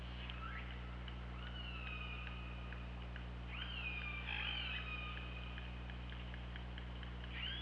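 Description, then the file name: Killer whale calls, drawn-out harmonic tones rising and falling, joined by a run of evenly spaced clicks, all over a steady low hum. Underwater hydrophone recording from OrcaLab, 24 August 2017, at 23:32 at night. "Orca Lab UTLN JASON 20170824 233249"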